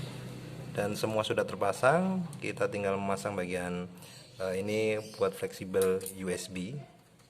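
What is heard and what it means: Inside a laptop, a USB flex ribbon cable is being handled toward its motherboard connector while someone talks throughout. Nothing has seated or clicked yet; the clip ends before the connector latch is pressed shut and locks.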